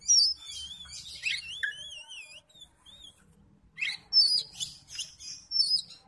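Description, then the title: Oriental magpie-robin singing wavering whistled notes that slide up and down, then a short gap before sharp bright chirps and buzzy flourishes. "Kacer"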